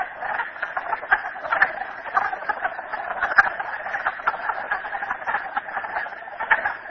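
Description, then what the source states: Frogs calling en masse: a constant, pulsing chatter of clicks and trills with scattered sharper notes. Frogs recorded at Merryspring.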